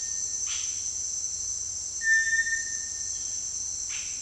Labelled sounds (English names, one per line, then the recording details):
Yellow-rumped Cacique
Cinereous Tinamou
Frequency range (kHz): Yellow-rumped Cacique 0.8-5.3 kHz; Cinereous Tinamou 1.0-2.8 kHz
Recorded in dense forest near Puerto Asís, Putumayo, Colombia, on 18 February 2024 at 08:00
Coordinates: 0.485, -76.318
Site G6408